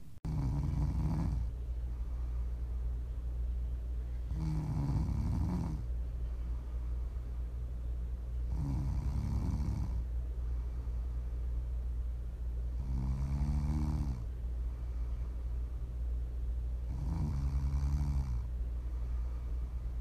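A sleeping adult snoring: five low rumbling snores about every four seconds, roughly 15 breaths a minute, with quiet breathing between, offered as ASMR for sleep or relaxation.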